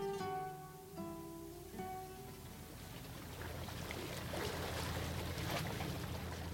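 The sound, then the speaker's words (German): A small boat's motor, started after rowing out to the harbour mole, drones with a steady, buzzing pitch that steps down twice. It then gives way to a louder, continuous rush of water and wind as the boat moves along past the Frioul islands toward Marseille. “Wir waren bis zum Mole gerudert, dann startete ich den Motor.”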